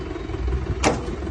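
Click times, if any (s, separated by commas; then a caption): 0.8 s. A worker uses a tool to break the bolt seal (LAC security seal) on a shipping container door so the cargo can be inspected. It takes effort to break, and a sharp snap at 0.8 s rings out over a steady low background rumble. The seal breaks open.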